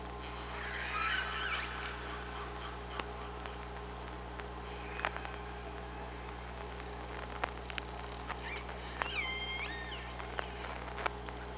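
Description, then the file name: Killer whale calls, a rough harmonic burst at the start and a stacked, squared-off call near nine seconds, with irregular clicks throughout over underwater drone. Killer whales on OrcaLab hydrophone, 24 August 2017, 05:25:18. "Orca Lab UTLN JASON 20170824 052518"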